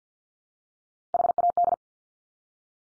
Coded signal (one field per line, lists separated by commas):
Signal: Morse code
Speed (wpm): 50 wpm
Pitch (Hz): 700 Hz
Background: none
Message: HAD